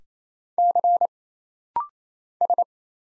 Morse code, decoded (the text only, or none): C S